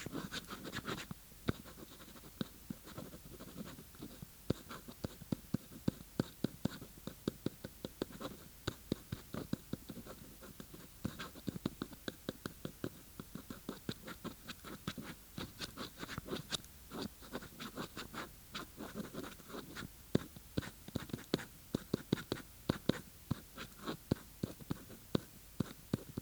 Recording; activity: daily activity, guitar pickup as the sensor; write